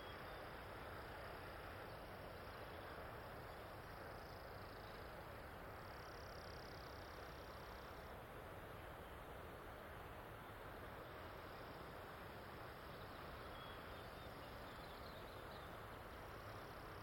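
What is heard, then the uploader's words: Dawn ambience in a mountain meadow and conifer forest, dominated by a steady, dense rushing roar much like wind that holds an even level throughout. The sound stays full and unchanging from low rumble to bright hiss, with a faint thin high tone surfacing briefly around four to eight seconds. Recently I had the pleasure to spend several days recording on the wonderfully-named Skull and Crossbones Ridge in the Loomis Natural Resources Conservation Area in Okanogan County.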